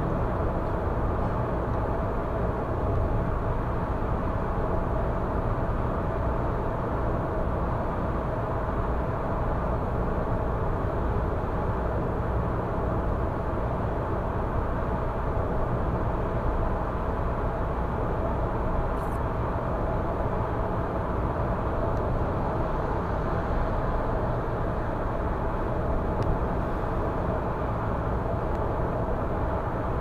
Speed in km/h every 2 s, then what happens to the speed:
106, 106, 106, 105, 105, 106, 106, 106, 106, 106, 106, 106, 106, 106, 106.
0-30 steady at about 106.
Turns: none.